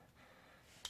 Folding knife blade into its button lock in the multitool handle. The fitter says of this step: closes with the button lock and then on the back it's got this driver